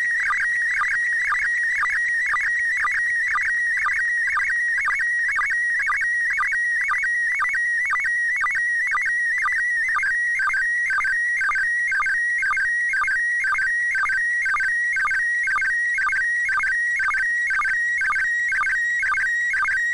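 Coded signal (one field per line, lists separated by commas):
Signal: SSTV (slow-scan television)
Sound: steady warbling whistle near 2 kHz with rhythmic low blips about twice a second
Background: radio static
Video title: SSTV Decode from International Space Station 145.800 MHz SDRplay RSPdx Vertical antenna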